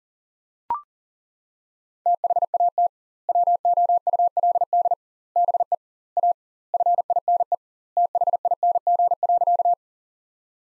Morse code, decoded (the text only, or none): THAT WOULD BE A FINE THING.